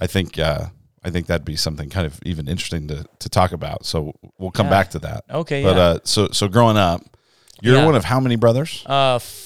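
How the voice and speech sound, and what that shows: One adult man speaks conversationally at a low pitch, with relaxed pacing and natural pauses. A few everyday hesitations and word repeats occur, but speech is fluent overall, typical of ordinary conversational speech.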